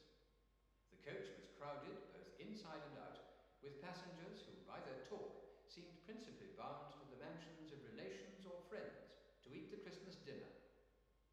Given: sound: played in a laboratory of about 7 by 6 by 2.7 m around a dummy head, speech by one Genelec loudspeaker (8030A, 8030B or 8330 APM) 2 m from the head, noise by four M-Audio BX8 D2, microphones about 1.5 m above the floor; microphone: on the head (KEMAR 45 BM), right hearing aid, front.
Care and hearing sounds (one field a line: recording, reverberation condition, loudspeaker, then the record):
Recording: male speech in English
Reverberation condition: high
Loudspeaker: 90 degrees to the right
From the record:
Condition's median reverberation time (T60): about 1300 ms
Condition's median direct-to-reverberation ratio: about -4.0 dB